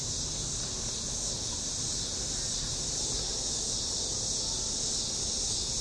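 Cicadas droning in a dense, high-pitched hiss that barely changes in loudness.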